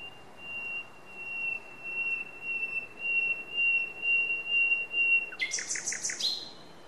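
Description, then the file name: Common nightingale song: a long, steady, swelling whistle held for about five seconds, then a quick series of sharp repeated clicks and a high note. "Luscinia megarhynchos"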